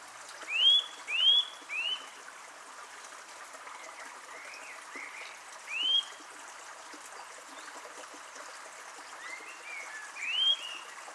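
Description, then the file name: Eurasian nuthatch calls: short, clear rising-then-falling whistled notes, some in quick succession, others fainter and spaced seconds apart, over steady background hiss. "Sitta europaea"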